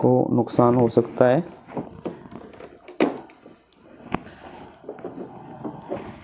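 A plastic frame is fitted carefully, without force, around the screen panel of a Sansui LED TV during a backlight repair. Someone talks at the start, then soft handling noises lead to sharp clicks at 3.0 s and 4.1 s as the frame's locks seat around the screen. The frame has seated well.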